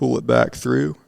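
A fishing hook tied to the line is pulled back through a soft swimbait toward the lure's plastic harness while someone talks. Nothing has clicked or seated in the harness yet.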